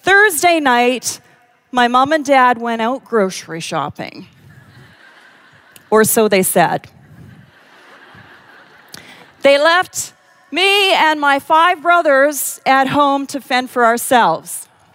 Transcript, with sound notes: Thursday night, my mom and dad went out grocery shopping, or so they said. (laughter) They left me and my five brothers at home to fend for ourselves.